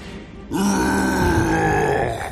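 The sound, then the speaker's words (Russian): A troll roars loudly as it tries to strike with its arm: after a brief quiet moment, a deep, growling bellow rises abruptly and holds steady for about two seconds, rough and throaty with a strong low rumble. “Громко взревел тролль и попытался ударить по мне рукой, но я вовремя ушел влево.”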